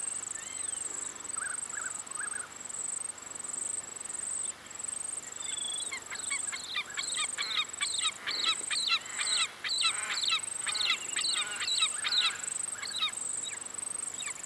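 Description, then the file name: Wedge-tailed eagle: a few soft notes early, then after six seconds a fast series of high whistled yelps, with an insect buzz pulsing in the background. "Aquila Audax"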